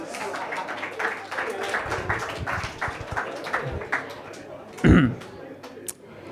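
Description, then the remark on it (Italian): A comedy night audience applauds in a steady, dense patter of many hands clapping, with scattered voices mixed in and one louder burst of sound before the clapping thins out at the end. “E poi è pure morta, un applauso.”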